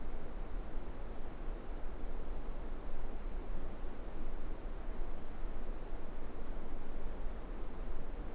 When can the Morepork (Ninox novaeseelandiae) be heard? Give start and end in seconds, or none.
none